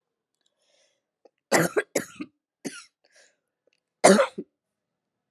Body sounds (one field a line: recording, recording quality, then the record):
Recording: heavy voluntary cough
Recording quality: excellent, no background noise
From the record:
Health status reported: COVID-19 positive, moderate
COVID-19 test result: positive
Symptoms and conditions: cough, cold, fever, fatigue, muscle pain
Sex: female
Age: 49 years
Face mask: not worn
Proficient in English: yes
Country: India